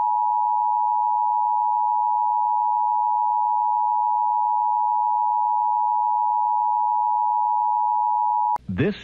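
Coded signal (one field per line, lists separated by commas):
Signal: Emergency Alert System (SAME) tones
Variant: 853 and 960 Hz attention tone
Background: speech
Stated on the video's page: Fabricated vintage test-card recreation looping EBS attention signal and EAS SAME tones.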